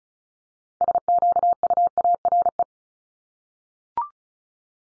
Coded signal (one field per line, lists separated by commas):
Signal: Morse code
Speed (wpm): 36 wpm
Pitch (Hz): 700 Hz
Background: none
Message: SQUARE